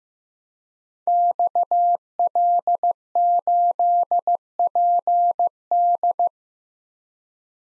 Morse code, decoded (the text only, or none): XL8PD